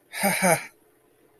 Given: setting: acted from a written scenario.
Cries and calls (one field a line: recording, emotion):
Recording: vocal sound without words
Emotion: adoration